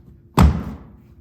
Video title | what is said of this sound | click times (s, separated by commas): How To Remove The Top Roof Panel 2020 - 2023 Chevy Corvette - Chevrolet C8 Hard Top Removal | and you'll feel and obviously hear it snap in | 0.4 s